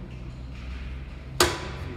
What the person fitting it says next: you heard that click, you know what that means. It's engaged.